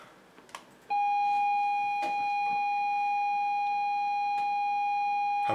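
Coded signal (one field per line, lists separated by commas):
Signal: ZX Spectrum tape loading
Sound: a few clicks, then a steady buzzy lead tone of about 800 Hz to the end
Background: room clicks and handling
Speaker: i just wanted to show you the loading sequence of monty on the run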